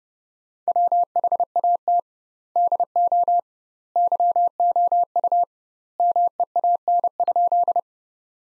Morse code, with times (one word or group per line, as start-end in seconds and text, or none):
0.7-2.0 WHAT
2.6-3.4 DO
4.0-5.4 YOU
6.0-7.8 MEAN?